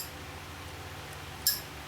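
A thick steel snap ring is pressed into its groove on a part for a 1978 Harley FL 93ci stroker big-bore Shovelhead engine. After a steady low hum, a single sharp, bright metallic snap sounds at 1.5 s as the ring pops into the groove. The ring is seated, and a tool check confirms it sits nice and tight.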